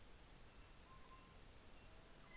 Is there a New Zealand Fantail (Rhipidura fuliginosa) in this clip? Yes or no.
no